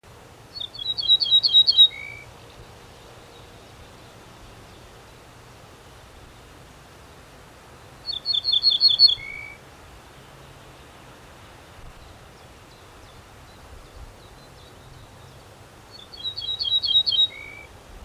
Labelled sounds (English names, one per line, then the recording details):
Ortolan Bunting song
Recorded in the wild
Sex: male
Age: adult
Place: Schloß Holte-Stukenbrock, Senne, Nordrhein-Westfalen, DE
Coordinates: 51.8614, 8.65667
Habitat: edge of the woods
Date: 1973-05-27
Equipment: Uher 4200 Report Stereo, Bändchenmikro Beyer M 260, Parabolspiegel Polyester (600 mm)
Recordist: Conrads, Klaus
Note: Nahe der Gärtnerei (Furlbach-Gebiet). Männchen: Gesang